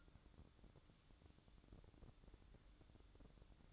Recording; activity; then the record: daily activity, microphone in the room; take from stove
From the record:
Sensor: 3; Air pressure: 1007.9 hPa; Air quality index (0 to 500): 114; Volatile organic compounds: 1 ppm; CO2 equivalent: 951 ppm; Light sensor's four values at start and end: 10/23/9/9 and 10/23/9/9